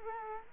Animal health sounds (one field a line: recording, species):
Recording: mosquito wingbeat signal from an infrared sensor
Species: Culex quinquefasciatus